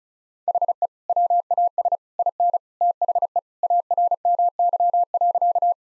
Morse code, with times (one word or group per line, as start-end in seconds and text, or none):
0.5-0.9 HE
1.1-2.0 WAS
2.2-2.6 IN
2.8-3.4 THE
3.6-5.7 ARMY.